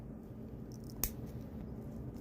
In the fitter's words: so this should just snap